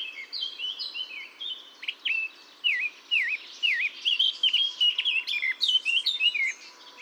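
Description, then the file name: Eurasian blackcap song: a varied warble that includes a series of repeated dipping, slurred notes, followed by faster mixed chattering. "Sylvia atricapilla"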